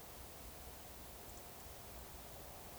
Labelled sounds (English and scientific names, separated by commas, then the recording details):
Eurasian Woodcock (Scolopax rusticola) whistle
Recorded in Baden-Württemberg, Germany, on 13 June 2020 at 02:16 UTC
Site 43791, 788 m above sea level